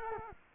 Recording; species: mosquito wingbeat signal from an infrared sensor; Culex quinquefasciatus